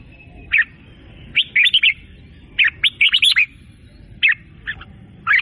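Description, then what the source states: Sooty-headed bulbul singing short bursts of bright, liquid chirps, separated by quiet gaps of up to about a second, over a faint low background hum. Local name kutilang; described as gacor.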